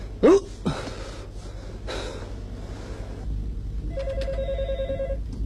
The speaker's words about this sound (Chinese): 电话， 哎，来了。